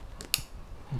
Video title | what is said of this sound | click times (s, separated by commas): GoPro Fusion 360 Tutorial: How To Get Started | make sure this last release tab snaps back into place when the door that we just use to charge your camera | 0.3 s